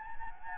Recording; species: mosquito wingbeat signal from an infrared sensor; Anopheles gambiae